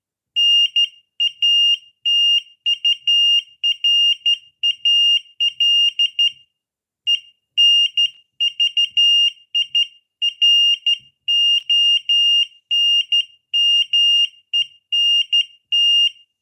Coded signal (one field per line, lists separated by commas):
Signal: Morse code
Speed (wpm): 12 wpm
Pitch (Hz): 2800 Hz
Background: none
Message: NATURAL ENVIRONMENT